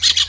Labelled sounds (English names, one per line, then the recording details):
Brown-throated Parakeet contact call
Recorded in Venezuela
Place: Guárico; Corozopando; Fundo La Fe
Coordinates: 8.506, -67.593